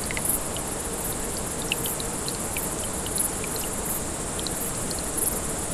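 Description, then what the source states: Grasshoppers stridulate in repeated short high buzzing bursts over the steady splashing and trickling of a brook. Several grasshoppers beside a small brook, 6 August 2014, recorded on an MZ-N 710.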